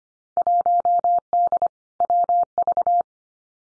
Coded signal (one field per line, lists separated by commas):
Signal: Morse code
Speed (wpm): 25 wpm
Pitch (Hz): 700 Hz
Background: none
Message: 1D WV